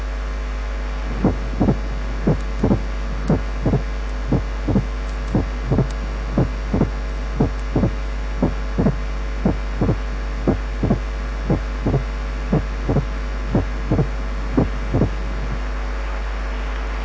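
Heart sounds heard through a stethoscope at about 58 beats per minute, each with an opening snap: a sharp, snappy, knocking sound following the second heart sound. It comes sooner after the second sound than a third heart sound would.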